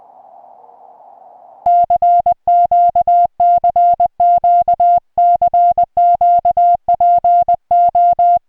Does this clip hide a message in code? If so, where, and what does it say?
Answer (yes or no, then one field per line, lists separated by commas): yes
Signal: Morse code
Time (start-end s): 1.7-8.4 s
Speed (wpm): 20 wpm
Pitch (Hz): 700 Hz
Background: music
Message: CQ CQ CQ PO